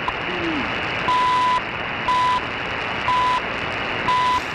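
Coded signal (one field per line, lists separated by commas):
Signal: radio time signal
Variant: CHU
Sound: short 1 kHz beeps once per second, four in clip, over shortwave hiss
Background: radio static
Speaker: this is the canadian time signal station chu is just the transmitter side is just southwest of uh ottawa uh ontario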